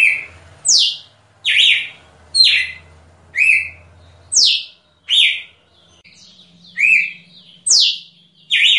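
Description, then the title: Red-cowled cardinal repeating bright, high whistled notes that slide downward, one roughly every second. Female; described as the best piado (call note). "Canto Galo Campina Fêmea. Galo de Campina ( MELHOR PIADO )"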